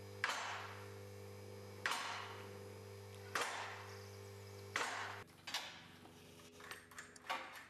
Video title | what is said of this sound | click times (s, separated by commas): Clifton Mobile Car Lift Install Guide [2013] | as the lift raises the locks will drop into position you'll be able to hear them clicking in | 0.2 s, 1.9 s, 3.4 s, 4.8 s